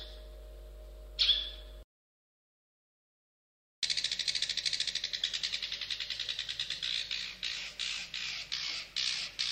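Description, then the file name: Long-tailed shrike: one short rasping note, a silent gap, then a rapid, harsh, buzzy rattle of repeated scratchy notes continuing to the end. "suara burung cendet"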